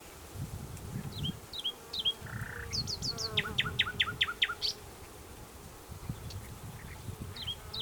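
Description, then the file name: Common nightingale singing: downslurred whistles, a brief buzzy note, then a rapid rhythmic series of sharp strokes and whistled notes, with low rumbling noise underneath. "Luscinia megarhynchos"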